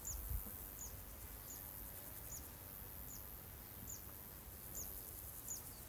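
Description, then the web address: Zitting cisticola calling with sharp, very high ticking notes repeated steadily about every three-quarters of a second, faint over a low, constant background rumble. "Zitting cisticola. صدای-پرنده-سبدنشین-چکاچک"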